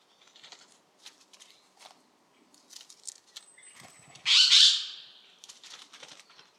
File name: Siberian jay